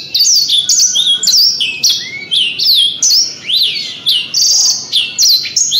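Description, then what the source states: Canary singing bright, high, down-slurred and rising whistled notes in quick repeated phrases, each burst separated by very short gaps. Canary song in the 'isian' style, version 2.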